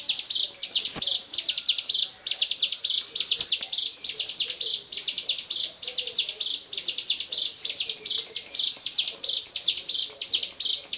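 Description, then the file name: Bar-winged prinia pouring out high, pulsed chattering phrases in quick succession, buzzy bursts following one another with only brief gaps; a couple of faint clicks. "ciblekmonster"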